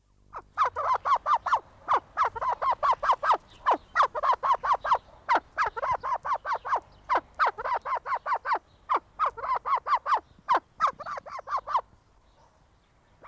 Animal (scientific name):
Alectoris melanocephala